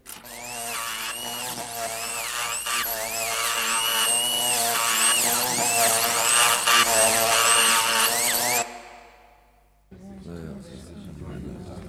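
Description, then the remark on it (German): A surgical saw whines loudly and steadily for several seconds during an operation, its high motor pitch repeatedly swooping up and down as it cuts, then stops abruptly before faint voices follow. “Blutpumpe, gut. Säge.”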